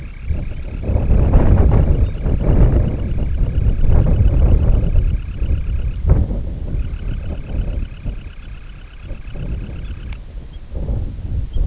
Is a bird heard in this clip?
yes